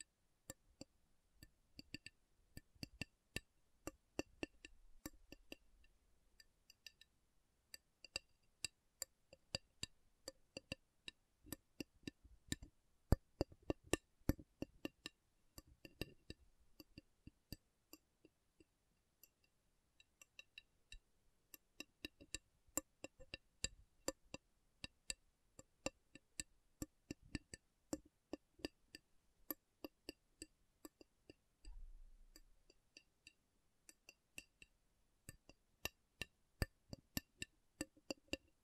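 Slow tapping on metal, a series of sharp, bright clicks and clinks spaced irregularly across the whole recording, sometimes in quick bunches and sometimes with short pauses. Faint low rumbles sit underneath at a few points, notably around five and thirty-two seconds.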